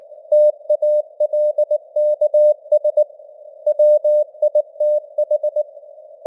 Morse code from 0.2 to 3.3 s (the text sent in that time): TALKS